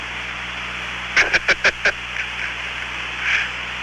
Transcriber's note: laughter